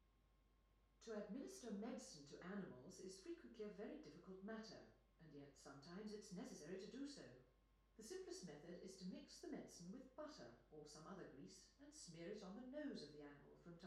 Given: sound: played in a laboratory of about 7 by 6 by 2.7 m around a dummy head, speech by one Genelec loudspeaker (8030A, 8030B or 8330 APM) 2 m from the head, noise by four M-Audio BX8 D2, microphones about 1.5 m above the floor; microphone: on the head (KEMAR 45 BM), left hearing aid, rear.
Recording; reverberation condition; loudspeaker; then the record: female speech in English; medium; 60 degrees to the right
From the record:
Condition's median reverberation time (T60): about 510 ms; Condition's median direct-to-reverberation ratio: about -0.5 dB